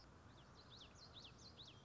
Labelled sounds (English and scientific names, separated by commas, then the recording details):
Common Yellowthroat (Geothlypis trichas)
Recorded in Sonoma County, California